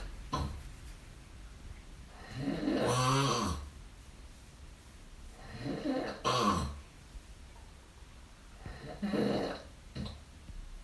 Snoring during the night.